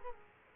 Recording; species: mosquito wingbeat signal from an infrared sensor; Culex quinquefasciatus